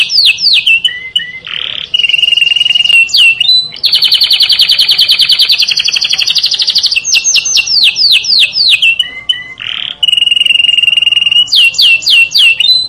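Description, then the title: Canary delivering varied song: buzzy rattles, a long loud rapid trill lasting several seconds, cascades of falling notes and steady whistled phrases. "Kenari"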